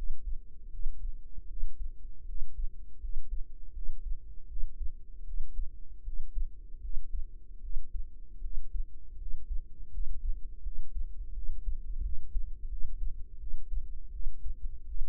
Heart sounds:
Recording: heart sounds by microphone in the right ear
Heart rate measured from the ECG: 81 bpm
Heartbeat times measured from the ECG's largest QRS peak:
0.69 s: heartbeat
1.46 s: heartbeat
2.24 s: heartbeat
2.98 s: heartbeat
3.72 s: heartbeat
4.46 s: heartbeat
5.23 s: heartbeat
6.02 s: heartbeat
6.79 s: heartbeat
7.59 s: heartbeat
8.40 s: heartbeat
9.16 s: heartbeat
9.89 s: heartbeat
10.61 s: heartbeat
11.32 s: heartbeat
12.01 s: heartbeat
12.67 s: heartbeat
13.37 s: heartbeat
14.10 s: heartbeat
14.85 s: heartbeat
From the record:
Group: healthy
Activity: rest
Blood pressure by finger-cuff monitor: 104/69 mmHg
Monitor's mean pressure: 81 mmHg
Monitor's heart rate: 82 bpm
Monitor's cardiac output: 6.5 L/min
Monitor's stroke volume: 82 mL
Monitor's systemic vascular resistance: 850 dyn s/cm5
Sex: female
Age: 19 years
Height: 163 cm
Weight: 48.9 kg

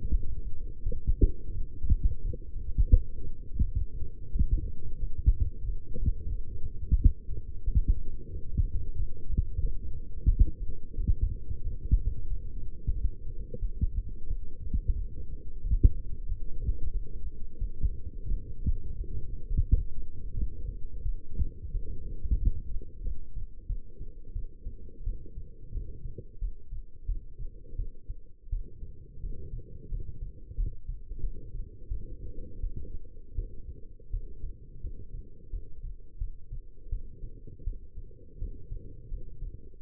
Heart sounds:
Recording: heart sounds by stethoscope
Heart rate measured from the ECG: 88 bpm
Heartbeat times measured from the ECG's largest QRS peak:
0.12 s: heartbeat
0.84 s: heartbeat
1.54 s: heartbeat
2.22 s: heartbeat
2.91 s: heartbeat
3.61 s: heartbeat
4.31 s: heartbeat
4.98 s: heartbeat
5.64 s: heartbeat
6.30 s: heartbeat
6.97 s: heartbeat
7.65 s: heartbeat
8.31 s: heartbeat
8.96 s: heartbeat
9.61 s: heartbeat
10.27 s: heartbeat
10.96 s: heartbeat
11.62 s: heartbeat
12.28 s: heartbeat
12.93 s: heartbeat
13.60 s: heartbeat
14.28 s: heartbeat
14.96 s: heartbeat
15.62 s: heartbeat
16.27 s: heartbeat
16.92 s: heartbeat
17.59 s: heartbeat
18.29 s: heartbeat
18.96 s: heartbeat
19.49 s: heartbeat
20.35 s: heartbeat
21.03 s: heartbeat
21.72 s: heartbeat
22.38 s: heartbeat
23.03 s: heartbeat
23.67 s: heartbeat
24.33 s: heartbeat
25.04 s: heartbeat
25.72 s: heartbeat
26.39 s: heartbeat
27.06 s: heartbeat
27.76 s: heartbeat
28.50 s: heartbeat
29.21 s: heartbeat
29.89 s: heartbeat
30.55 s: heartbeat
31.21 s: heartbeat
31.89 s: heartbeat
32.61 s: heartbeat
33.36 s: heartbeat
34.11 s: heartbeat
34.81 s: heartbeat
35.50 s: heartbeat
36.19 s: heartbeat
36.90 s: heartbeat
37.64 s: heartbeat
38.39 s: heartbeat
39.09 s: heartbeat
39.78 s: heartbeat
From the record:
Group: healthy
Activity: light exercise 0-22 s, rest 22-40 s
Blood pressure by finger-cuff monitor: 132/70 mmHg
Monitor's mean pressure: 87 mmHg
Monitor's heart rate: 89 bpm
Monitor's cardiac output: 8.4 L/min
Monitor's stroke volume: 93 mL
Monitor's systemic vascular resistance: 750 dyn s/cm5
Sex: female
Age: 22 years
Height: 171 cm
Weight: 65.6 kg

